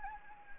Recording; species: mosquito wingbeat signal from an infrared sensor; Anopheles gambiae